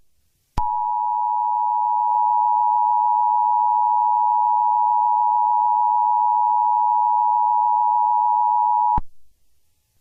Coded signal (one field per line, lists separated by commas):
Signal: Emergency Alert System (SAME) tones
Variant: 853 and 960 Hz attention tone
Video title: Mycelia | A Zombie Apocalypse EAS Scenario |